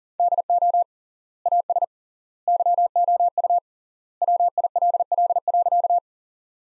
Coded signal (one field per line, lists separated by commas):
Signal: Morse code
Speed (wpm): 40 wpm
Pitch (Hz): 700 Hz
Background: none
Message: DO AS YOU WILL.